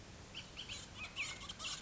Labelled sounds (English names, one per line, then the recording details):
Bullock's Oriole
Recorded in Sonoma County, California